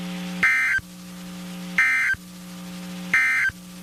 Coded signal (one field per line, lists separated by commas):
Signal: Emergency Alert System (SAME) tones